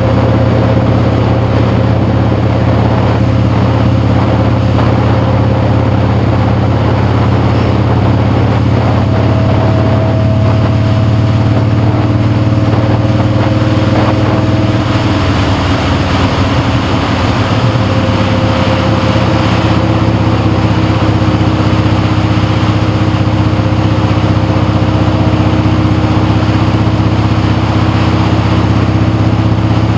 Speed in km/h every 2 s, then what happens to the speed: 45, 48, 45, 47, 52, 56, 55, 50, 50, 45, 40, 37, 48, 45, 47.
14-19 slows to 40. 19-30 steady at about 45.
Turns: none.